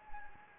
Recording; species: mosquito wingbeat signal from an infrared sensor; Anopheles gambiae